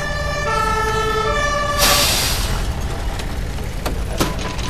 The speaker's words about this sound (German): Ich höre schon die Feuerwehrsirenen. Da kommt die Feuerwehr ja endlich.